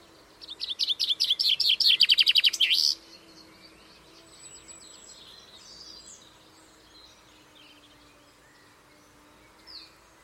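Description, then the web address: Common chaffinch song: a fast run of repeated sharp notes that ends abruptly, followed by faint, quieter bird sounds. "Deverinetal 2025 File origin Bird Only Fr Co"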